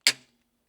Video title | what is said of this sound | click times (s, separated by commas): APDURO ZeroRack Review for BMW R1300GS/GSA - No Brackets Required! | that you hear that clicking sound and this pops out. So once that happens, | 0.1 s